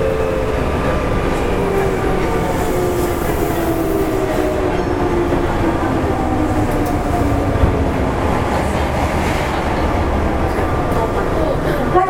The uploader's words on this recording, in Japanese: 近畿日本鉄道７０００系電車の走行音です。大阪市営地下鉄中央線への直通列車で録音しました。区間は、生駒から谷町４丁目までです。